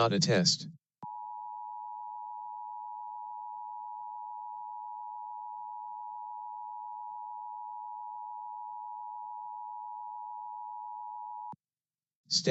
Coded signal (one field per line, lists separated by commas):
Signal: Emergency Alert System (SAME) tones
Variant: 853 and 960 Hz attention tone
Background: speech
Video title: LIVE AM/MW DX: DX Central Live - S. 3, Ep. 12 | Friday, December 9, 2022 | MWFC: 1290-1302 kHz